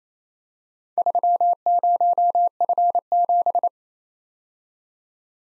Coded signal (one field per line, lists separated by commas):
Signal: Morse code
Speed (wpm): 27 wpm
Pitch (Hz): 700 Hz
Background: none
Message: 30F7